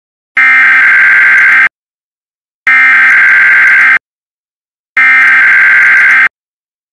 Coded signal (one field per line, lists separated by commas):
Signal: Emergency Alert System (SAME) tones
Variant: header bursts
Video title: EAS Severe Thunderstorm Warning (Greenup, KY County)